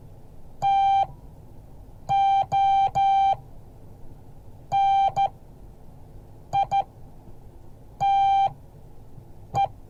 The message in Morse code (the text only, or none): TONITE